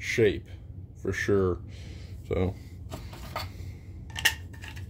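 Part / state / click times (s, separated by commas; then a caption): fixed-blade knife into its belt sheath / not seated / none. Someone talks while handling a Canadian fixed-blade belt knife with a lanyard hole, bringing it toward its belt sheath. Soft handling rustles and a brief sharp tick near 4.2 s follow. The knife has not yet gone home, and nothing has seated or clicked yet.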